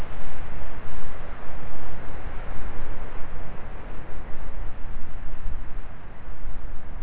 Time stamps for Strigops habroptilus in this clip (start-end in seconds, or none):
none